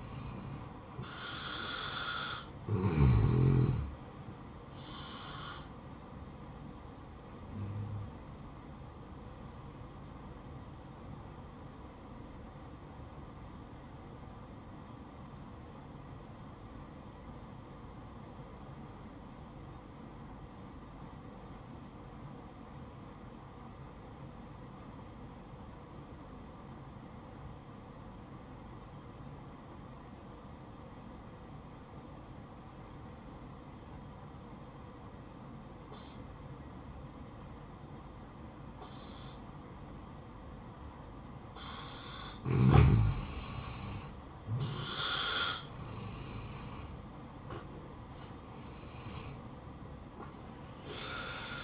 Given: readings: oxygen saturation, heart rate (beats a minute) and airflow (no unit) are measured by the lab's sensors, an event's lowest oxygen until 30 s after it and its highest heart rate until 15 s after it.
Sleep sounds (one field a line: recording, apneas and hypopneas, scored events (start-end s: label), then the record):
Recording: breathing in sleep by a smartphone at the bedside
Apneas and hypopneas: 1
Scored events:
5.00-51.64 s: new sleep stage, N1 (lightest sleep)
11.00-45.30 s: obstructive apnea (N1, oxygen 94% highest, then 87% lowest, heart rate 63 at the start, 67 highest)
From the record:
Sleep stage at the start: N2 (light sleep)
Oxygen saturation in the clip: 86 to 94%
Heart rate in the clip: 59 to 69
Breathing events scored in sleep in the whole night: 573 in 9.8 hours asleep